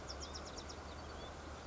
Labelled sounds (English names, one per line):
Bewick's Wren